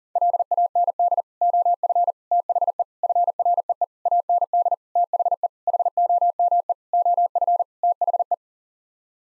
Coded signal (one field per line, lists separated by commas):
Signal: Morse code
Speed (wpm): 37 wpm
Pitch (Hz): 700 Hz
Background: none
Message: LAND OF THE FREE AND THE HOME OF THE